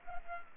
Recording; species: mosquito wingbeat signal from an infrared sensor; Culex pipiens